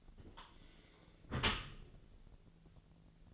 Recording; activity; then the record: daily activity, microphone in the room; close dishwasher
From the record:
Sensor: 4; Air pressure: 1001.3 hPa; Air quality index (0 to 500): 180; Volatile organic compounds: 2 ppm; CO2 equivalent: 1285 ppm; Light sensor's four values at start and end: 12/26/11/11 and 12/27/11/11